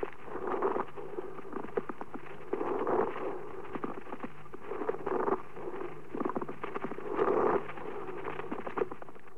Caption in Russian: Шум трения плевры возникает при наличии неровности, шероховатости плевральных листков и сохраненной их подвижности друг относительно друга. Шум трения плевры представляет собой прерывистый звук непостоянной интенсивности. Он выслушивается в обе фазы дыхания, изменяется при надавливании фонендоскопом на грудную клетку, а при покашливании не изменяется.